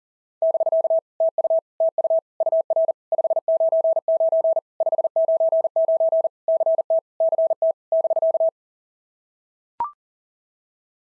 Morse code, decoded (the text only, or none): <BK> TU TU UR 599 599 CT CT <BK>